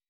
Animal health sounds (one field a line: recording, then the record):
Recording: hydrophone in a shrimp aquaculture tank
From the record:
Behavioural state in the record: weakened